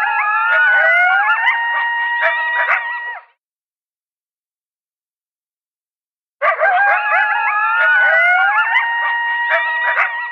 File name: Coyote